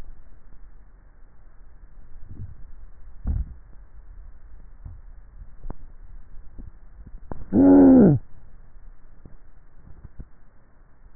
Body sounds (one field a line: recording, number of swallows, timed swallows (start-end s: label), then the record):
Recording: swallowing sounds by neck microphone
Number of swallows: 2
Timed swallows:
2.18-5.82 s: swallow
6.55-7.65 s: swallow
From the record:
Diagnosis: dysphagia